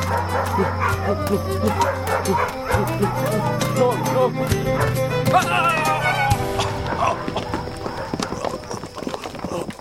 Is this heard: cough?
no